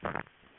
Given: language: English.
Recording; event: throat vibration sensor signal played as sound; swallow